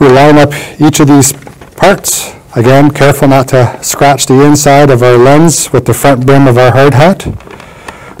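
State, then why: Seated. A man talks while fitting the plastic front rim piece around the lens of an Oberon TCG arc flash suit hood during reassembly, taking care not to scratch the inside of the lens. The rim is pressed home with a sharp click at 7.9 s, leaving it seated, locked and secure.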